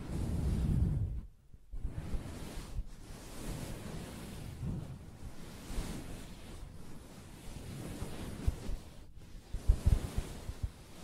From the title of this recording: Soft Fabric Surface Tapping & Scratching